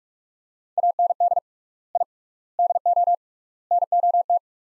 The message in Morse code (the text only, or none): AND I DO NOT